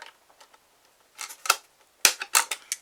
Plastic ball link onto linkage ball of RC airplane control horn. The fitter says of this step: there we go that snapped right into place